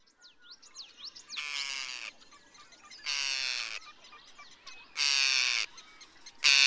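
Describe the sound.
Forster's Tern uttering four harsh buzzy calls at roughly even intervals, growing louder, over a background of squeaky chatter.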